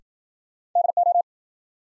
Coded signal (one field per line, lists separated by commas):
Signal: Morse code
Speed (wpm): 53 wpm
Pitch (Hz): 700 Hz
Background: none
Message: DO